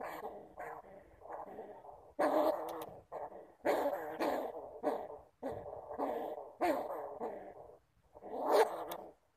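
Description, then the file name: Bamboo rat producing rasping growls in bursts, with sharp clicks between them. "Tieng dui keu"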